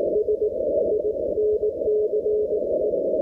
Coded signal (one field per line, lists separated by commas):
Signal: Morse code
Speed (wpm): 18 wpm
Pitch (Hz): 420 Hz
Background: none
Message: SINCE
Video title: CW QRP 5 Watts QSO DL6FA with EI5KI 1100km to Dublin/Ireland Morse basic Telegrafie 24 WPM DOK F38